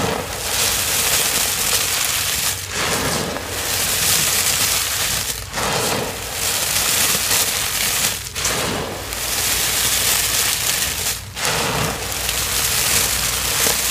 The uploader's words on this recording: Confetti Reforms + Deep Blue Dyed Chalk Chunks. Crispy, gritty gym chalk crushing sounds, confetti gym chalk reforms, a deep blue dyed gym chalk chunks crushes to perfection.